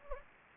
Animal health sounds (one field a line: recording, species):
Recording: mosquito wingbeat signal from an infrared sensor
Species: Anopheles gambiae